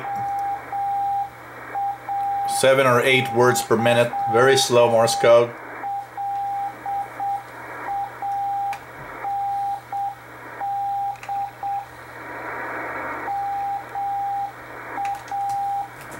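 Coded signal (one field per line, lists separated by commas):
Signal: Morse code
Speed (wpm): 7 wpm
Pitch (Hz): 800 Hz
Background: speech, radio noise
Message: MAYLAND MA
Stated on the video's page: Experimental shortwave station from Wayland, Massachusetts, received in CW on 5058 kHz.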